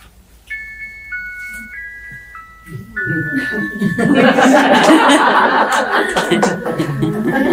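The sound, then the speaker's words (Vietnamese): A cute little bell chime melody plays a few clear stepped notes, then lively voices and laughter rise up and continue loudly after the tune fades. “Tiếng chuông dễ thương.”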